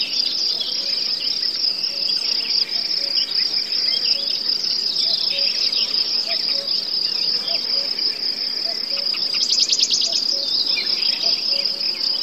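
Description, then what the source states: Forest birds, cuckoos and crickets: steady shrill cricket chorus, soft repeated low notes, and a fast rattling bird trill rising out around the middle-late part. Forest; birds, cuckoos and crickets heard together.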